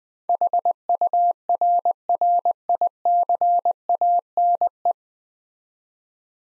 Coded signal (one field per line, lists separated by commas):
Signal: Morse code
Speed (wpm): 20 wpm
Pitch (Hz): 700 Hz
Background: none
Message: HURRICANE